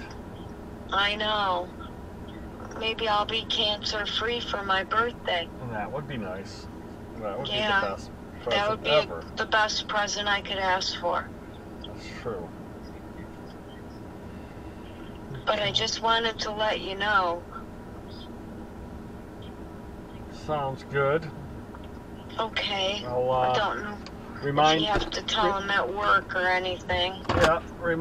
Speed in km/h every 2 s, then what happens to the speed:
0, 0, 0, 0, 0, 0, 0, 0, 0, 0, 0, 0, 0, 0.
0-28 standing.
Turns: none.